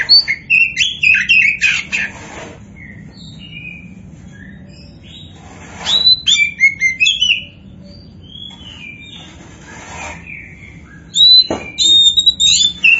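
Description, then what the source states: Oriental magpie-robin singing in three energetic bursts of sweet whistles, trills and chattering notes, varied in pitch, with short pauses between, over faint low background hum. Kacer poci type, described as gacor (singing actively).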